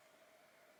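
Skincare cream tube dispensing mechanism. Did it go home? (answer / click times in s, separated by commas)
no / none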